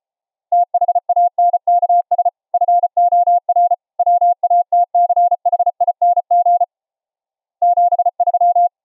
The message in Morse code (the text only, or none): THANKS FOR WATCHING 73